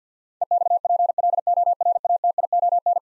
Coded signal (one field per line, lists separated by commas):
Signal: Morse code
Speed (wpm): 50 wpm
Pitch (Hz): 700 Hz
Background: none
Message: EXPLORATION